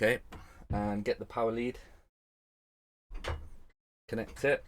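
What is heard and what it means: A mains power lead is handled to be plugged into a game console power supply while someone talks, with speech bursts and a silent gap between them. Nothing has seated or clicked yet by the end of the clip.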